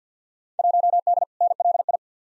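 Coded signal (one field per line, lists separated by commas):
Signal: Morse code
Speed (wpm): 50 wpm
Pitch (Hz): 700 Hz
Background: none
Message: 1D NLI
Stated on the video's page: Field Day exchange head-copy drill sent at 50 wpm, each exchange sent, spoken, then sent again.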